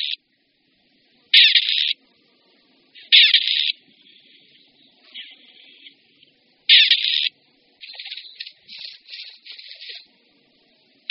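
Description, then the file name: Grey partridge, loud rasping calls at intervals, followed by a run of softer, choppier creaking notes near the end. "Koroptev-polní"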